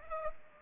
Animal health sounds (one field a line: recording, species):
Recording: mosquito wingbeat signal from an infrared sensor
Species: Culex pipiens